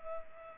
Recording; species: mosquito wingbeat signal from an infrared sensor; Culex pipiens